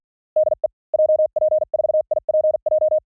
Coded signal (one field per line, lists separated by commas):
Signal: Morse code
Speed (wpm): 48 wpm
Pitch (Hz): 620 Hz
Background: none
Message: DE JP4IPJ